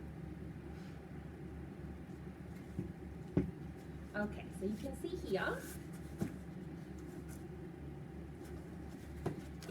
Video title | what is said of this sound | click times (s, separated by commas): Stroller Wagon Comparison - Evenflo Pivot Xplore VS Larktale Sprout | got to make sure you hear it click so that it's locked out of the frame | 3.4 s